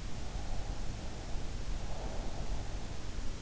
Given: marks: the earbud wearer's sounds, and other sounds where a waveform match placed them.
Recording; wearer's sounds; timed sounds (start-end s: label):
sounds in sleep by an in-ear microphone; breath
0.62-3.00 s: breath